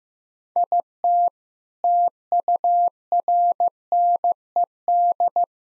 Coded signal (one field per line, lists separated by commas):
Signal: Morse code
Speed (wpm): 14 wpm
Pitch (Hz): 700 Hz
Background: none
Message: IT TURNED